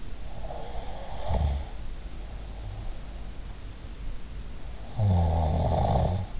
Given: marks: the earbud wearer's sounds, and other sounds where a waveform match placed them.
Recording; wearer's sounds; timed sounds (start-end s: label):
sounds in sleep by an in-ear microphone; snoring breath
0.43-3.13 s: snoring breath
4.78-6.40 s: snoring breath